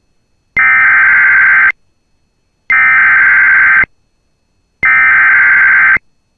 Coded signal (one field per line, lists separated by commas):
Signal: Emergency Alert System (SAME) tones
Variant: header bursts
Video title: [EAS Compilation] Severe Thunderstorm Outbreak in Eastern MN, MN Metro, and Western WI 07/03/2023